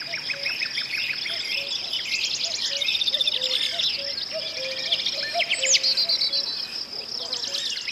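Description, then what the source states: Birds singing in a dense chorus of overlapping chirps and trills, with a steady insect-like hiss and repeated lower whistled notes underneath. Ambience.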